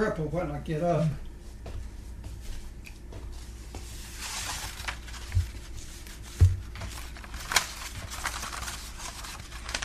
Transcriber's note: papers shuffling sounds